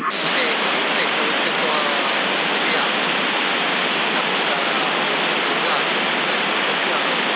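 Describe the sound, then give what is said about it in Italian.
A weak CB radio transmission from a low-power radio, with good modulation but too low a signal, buried in steady static hiss, a continuous, even rush of noise that holds at the same level for the whole stretch, with no clear voice coming through. “Sì, perché la modulazione è buona, è bella, solo che il segnale è troppo basso, capito? E quindi si sente un po' il fruscio.”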